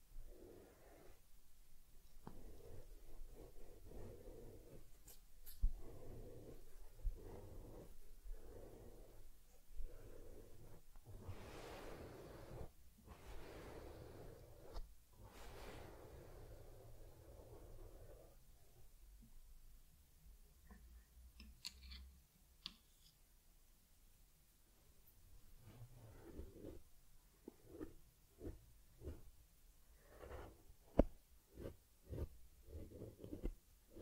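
A teddy bear gets a head massage, face cleansing, fur combing and ear cleaning. Soft rubbing and brushing strokes repeat every second or so, with a few louder swishes around 12–16 seconds and a quieter stretch near 20 seconds, then sharper taps and scratches toward the end.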